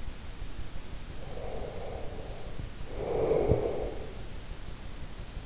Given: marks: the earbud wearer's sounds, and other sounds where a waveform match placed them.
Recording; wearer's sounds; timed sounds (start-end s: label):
sounds in sleep by an in-ear microphone; breath
1.14-4.15 s: breath